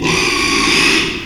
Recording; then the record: squeal of a Yucatan mini pig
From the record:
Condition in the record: after surgery on the right vocal fold (resection and tissue-engineered implant); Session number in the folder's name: 1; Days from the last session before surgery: 6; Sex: male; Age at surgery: 12 weeks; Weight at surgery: 13 kg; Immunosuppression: cyclosporine, prednisolone